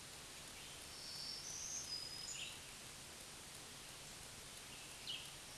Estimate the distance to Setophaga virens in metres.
about 15 m